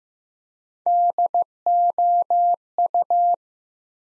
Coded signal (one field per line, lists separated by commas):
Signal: Morse code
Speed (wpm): 15 wpm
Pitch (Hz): 700 Hz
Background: none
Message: DOU